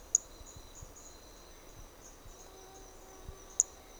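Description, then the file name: Two short, piercing high-pitched toadlet notes, about three and a half seconds apart, with continuous shrill insect drone in the background. Individual 4 recorded on Trilha do Ipiranga; the first four notes of the call were lost. "MHNCI Brachy hermogenesi Trilha do Ipiranga ind 4 four starting notes lost"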